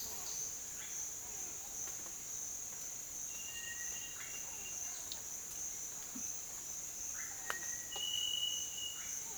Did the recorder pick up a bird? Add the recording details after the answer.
no. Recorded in dense forest near Puerto Asís, Putumayo, Colombia, on 25 June 2025 at 08:30. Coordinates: 0.484, -76.325. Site H65